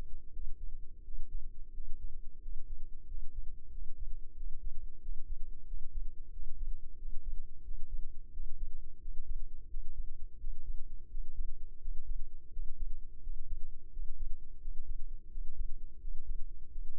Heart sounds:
heart sounds by microphone in the left ear; 88 bpm
0.28 s: heartbeat
1.00 s: heartbeat
1.69 s: heartbeat
2.38 s: heartbeat
3.04 s: heartbeat
3.68 s: heartbeat
4.33 s: heartbeat
4.98 s: heartbeat
5.63 s: heartbeat
6.29 s: heartbeat
6.95 s: heartbeat
7.61 s: heartbeat
8.29 s: heartbeat
8.97 s: heartbeat
9.66 s: heartbeat
10.36 s: heartbeat
11.07 s: heartbeat
11.77 s: heartbeat
12.49 s: heartbeat
13.19 s: heartbeat
13.89 s: heartbeat
14.57 s: heartbeat
15.27 s: heartbeat
15.97 s: heartbeat
16.68 s: heartbeat
From the record:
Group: healthy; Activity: breath hold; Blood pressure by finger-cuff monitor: 84/54 mmHg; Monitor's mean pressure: 61 mmHg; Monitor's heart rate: 88 bpm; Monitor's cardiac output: 5.6 L/min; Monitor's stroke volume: 62 mL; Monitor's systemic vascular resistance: 710 dyn s/cm5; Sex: male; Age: 20 years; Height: 167 cm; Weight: 61 kg

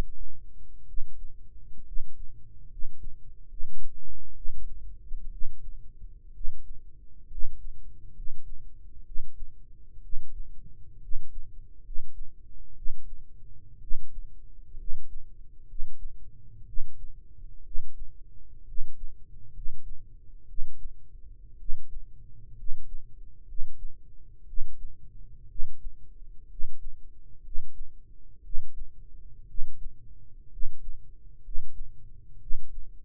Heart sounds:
heart sounds by microphone in the right ear; 63 bpm
0.83 s: heartbeat
1.82 s: heartbeat
2.66 s: heartbeat
3.44 s: heartbeat
4.31 s: heartbeat
5.28 s: heartbeat
6.30 s: heartbeat
7.26 s: heartbeat
8.10 s: heartbeat
9.01 s: heartbeat
9.99 s: heartbeat
10.97 s: heartbeat
11.79 s: heartbeat
12.72 s: heartbeat
13.77 s: heartbeat
14.74 s: heartbeat
15.63 s: heartbeat
16.63 s: heartbeat
17.60 s: heartbeat
18.62 s: heartbeat
19.49 s: heartbeat
20.43 s: heartbeat
21.55 s: heartbeat
22.52 s: heartbeat
23.43 s: heartbeat
24.43 s: heartbeat
25.45 s: heartbeat
26.45 s: heartbeat
27.39 s: heartbeat
28.39 s: heartbeat
29.44 s: heartbeat
30.46 s: heartbeat
31.39 s: heartbeat
32.36 s: heartbeat
From the record:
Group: healthy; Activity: cold pressor test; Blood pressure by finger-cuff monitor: 90/46 mmHg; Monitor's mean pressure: 58 mmHg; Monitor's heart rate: 62 bpm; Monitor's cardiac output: 7.7 L/min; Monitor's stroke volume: 122 mL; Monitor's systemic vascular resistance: 520 dyn s/cm5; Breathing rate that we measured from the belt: 15 breaths a minute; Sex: male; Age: 22 years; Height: 185 cm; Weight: 112.4 kg

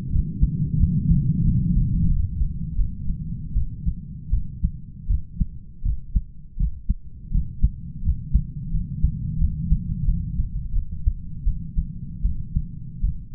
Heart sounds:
heart sounds by stethoscope; 84 bpm
0.10 s: heartbeat
0.78 s: heartbeat
1.42 s: heartbeat
2.08 s: heartbeat
2.76 s: heartbeat
3.54 s: heartbeat
4.31 s: heartbeat
5.08 s: heartbeat
5.83 s: heartbeat
6.57 s: heartbeat
7.31 s: heartbeat
8.03 s: heartbeat
8.71 s: heartbeat
9.38 s: heartbeat
10.05 s: heartbeat
10.73 s: heartbeat
11.44 s: heartbeat
12.23 s: heartbeat
13.02 s: heartbeat
From the record:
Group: healthy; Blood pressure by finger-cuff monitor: 120/70 mmHg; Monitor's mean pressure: 89 mmHg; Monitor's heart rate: 83 bpm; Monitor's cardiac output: 8.3 L/min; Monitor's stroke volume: 99 mL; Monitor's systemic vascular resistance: 780 dyn s/cm5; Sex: male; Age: 33 years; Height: 179 cm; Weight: 80.4 kg

